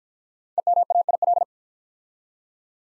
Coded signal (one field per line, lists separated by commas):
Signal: Morse code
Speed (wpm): 50 wpm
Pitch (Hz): 700 Hz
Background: none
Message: EMAIL